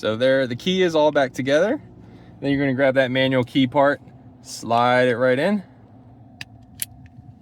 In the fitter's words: You can hear click, and you are good to go.